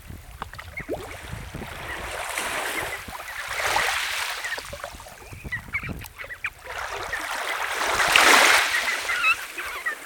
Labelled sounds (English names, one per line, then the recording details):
Red Knot call
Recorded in the wild
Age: adult
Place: Kloster, Insel Hiddensee, Mecklenburg-Vorpommern, DE
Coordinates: 54.5826, 13.1013
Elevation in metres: 0
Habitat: sea coast
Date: 2023-09-09 06:35
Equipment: Olympus LS, internal mics, 300 Hz HP
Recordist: Frommolt, Karl-Heinz